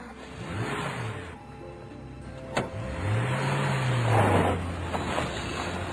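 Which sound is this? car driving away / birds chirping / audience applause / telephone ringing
car driving away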